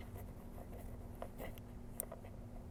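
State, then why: Seated. A microphone plug is screwed into the input socket of a Nagra SN portable tape recorder by turning a small thumb screw, held close to a lavalier mic. Faint scraping ticks at about 1.2 s and 1.6 s lead to a sharp, bright click at 2.0 s as the screw reaches the bottom, over a steady low hum. The plug is seated; tightening it fully pushes a switch that puts the recorder into record mode.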